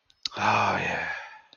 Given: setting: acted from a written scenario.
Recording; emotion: vocal sound without words; serenity